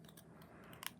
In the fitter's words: he'll snap right in there as well.